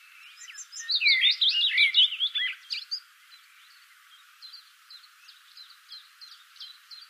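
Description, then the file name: Common blackbird calls: a loud jumbled burst of warbling, squeaky notes early on, then a thin run of quick, high chirps fading out. "Turdus merula"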